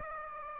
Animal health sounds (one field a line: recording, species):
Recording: mosquito wingbeat signal from an infrared sensor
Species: Aedes aegypti